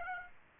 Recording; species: mosquito wingbeat signal from an infrared sensor; Aedes aegypti